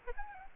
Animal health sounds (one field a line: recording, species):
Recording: mosquito wingbeat signal from an infrared sensor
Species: Aedes albopictus